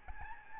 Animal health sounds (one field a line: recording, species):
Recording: mosquito wingbeat signal from an infrared sensor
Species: Aedes albopictus